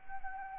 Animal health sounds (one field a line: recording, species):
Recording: mosquito wingbeat signal from an infrared sensor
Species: Anopheles arabiensis